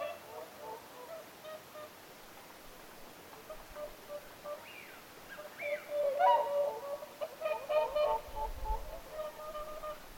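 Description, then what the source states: Whooper swans calling, a softer chorus of nasal honks at first, then louder overlapping bugling in the second half, with a brief higher call. Several whooper swans calling at Lintulahti, 6 November 2025.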